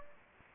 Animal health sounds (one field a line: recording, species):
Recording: mosquito wingbeat signal from an infrared sensor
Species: Anopheles gambiae